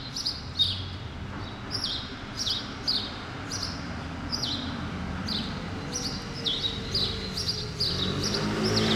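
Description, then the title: Sparrows giving a run of sharp, downslurred chirps over low city traffic rumble. Sparrows on Rue Keyenveld, Ixelles, Brussels-Capital, Belgium, a street with cars and people passing by; recorded with Lom Usi Pro microphones into a Zoom F6. "Rue Keyenveld, Ixelles, Bruxelles-Capitale, Belgique - Sparrows - moineaux"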